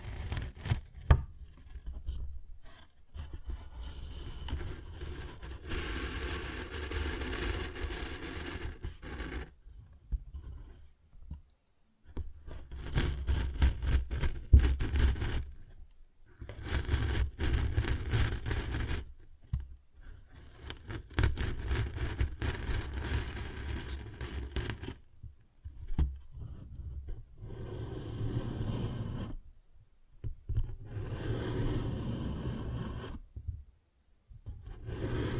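Paper bag being scratched and rubbed in long, dense bursts of crinkly rustling, with a heavy low rumble beneath. The handling stops in several short silent gaps, near 10, 12, 16, 25 and 33 seconds, and occasional sharper taps stand out from the scraping.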